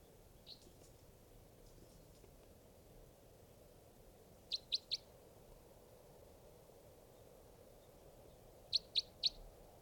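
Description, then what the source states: Crossbill calls: two quick bursts of three sharp, high clipped notes, one at midway and one near the end, over a quiet background. Individually numbered bird, number 563.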